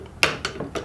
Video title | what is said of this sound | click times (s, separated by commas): REBUILDING A LSD BMW E30 DIFFERENTIAL BMW E30 BERTY 30 BUILD Episode 30 | you can hear it clicking at the 50 ftlb Mark right there so I know I at least have a 50 lb Breakaway so | 0.2 s